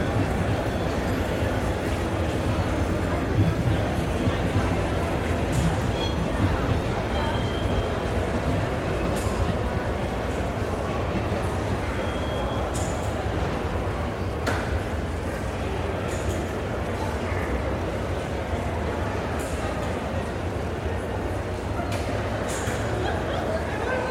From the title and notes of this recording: Busy Train Station - White Noise. The noise of a busy and bustling train station.